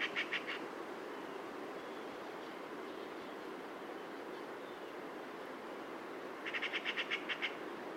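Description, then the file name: Eurasian magpie giving harsh, rapid rattling chatter: one short burst at the start and a longer series of dry chacks near the end, over steady background hiss. "Pica pica"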